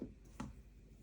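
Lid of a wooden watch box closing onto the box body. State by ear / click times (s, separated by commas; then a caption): not seated / none. The lid of a wooden watch presentation box is handled as it is brought toward the box body to close. A soft tap is heard near the start, then a sharper, brighter knock at about 0.4 s, followed by low handling noise. The clip ends before the lid shuts, so nothing has seated or clicked yet.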